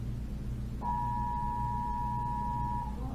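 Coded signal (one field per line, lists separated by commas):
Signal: Emergency Alert System (SAME) tones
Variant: 853 and 960 Hz attention tone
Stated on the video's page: Fake EAS nuclear bomb alert played as a prank.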